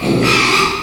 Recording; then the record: squeal of a Yucatan mini pig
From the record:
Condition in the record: after surgery on the right vocal fold (resection and tissue-engineered implant); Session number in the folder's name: 1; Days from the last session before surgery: 6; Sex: male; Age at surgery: 12 weeks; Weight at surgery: 13 kg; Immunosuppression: cyclosporine, prednisolone